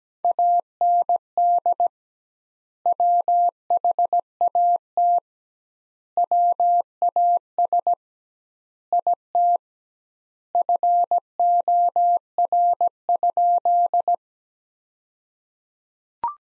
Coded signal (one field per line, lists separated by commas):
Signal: Morse code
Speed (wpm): 17 wpm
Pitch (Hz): 700 Hz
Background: none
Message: AND WHAT WAS IT FOR?